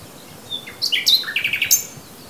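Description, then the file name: Common nightingale song phrase: a brief whistled lead-in followed by a quick run of sharp, repeated notes lasting about a second. "Luscinia megarhynchos"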